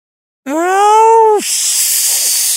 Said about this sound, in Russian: Кот поорал, но в драку не полез.